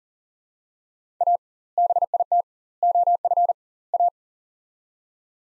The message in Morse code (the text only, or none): A BIT OF A